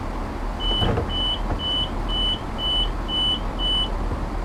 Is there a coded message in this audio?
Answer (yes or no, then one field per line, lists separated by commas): no